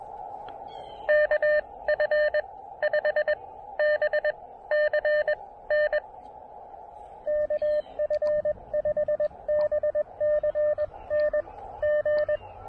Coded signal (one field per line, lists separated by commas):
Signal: Morse code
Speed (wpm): 20 wpm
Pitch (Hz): 600 Hz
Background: radio noise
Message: KF5BCN KF5BCN G